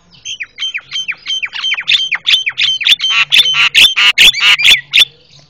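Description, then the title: Javan myna producing a fast chain of loud downslurred whistles and harsh, noisy squawks, growing louder. Very noisy master calls used for tutoring caged birds. "Jalak Kebo Master Suara Super Berisik Buat Masteran"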